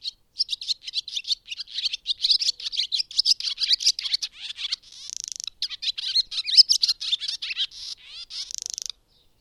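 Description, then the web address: Bird pouring out a long, rapid warble of high chirps mixed with repeated buzzy trills. "madarak enek"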